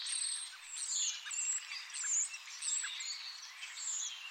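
Bird calls: thin very high whistles recurring irregularly about once a second, layered over a dense chorus of chirping.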